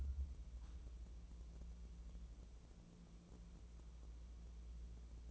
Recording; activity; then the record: daily activity, microphone in the room; wipe stove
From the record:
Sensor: 1